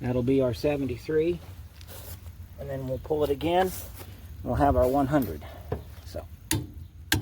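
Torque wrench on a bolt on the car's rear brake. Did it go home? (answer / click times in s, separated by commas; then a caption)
yes / 7.1 s. Someone talks while a click-type torque wrench set to 73 is pulled to tighten a bolt on the rear brake of a 2006 Focus. A few faint knocks come first, then the wrench gives a sharp metallic click at 7.1 s, confirming it has reached its 73 setting.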